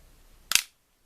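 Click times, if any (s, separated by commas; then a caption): 0.5 s. A plastic release button is pressed on a toy vehicle playset, and the spring-loaded trap snaps shut by itself with a single sharp click at 0.6 s. The trap is released and closes, and the clip falls quiet afterward.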